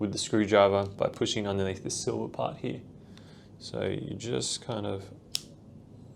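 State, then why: Released. A screwdriver pushes under the silver part of a cartridge fuse in a multimeter fuse holder, sliding it toward the back of the unit while someone talks. A single sharp snap at 5.4 s marks the fuse snapping free of its clip and releasing from the holder.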